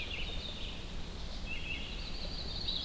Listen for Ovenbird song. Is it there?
no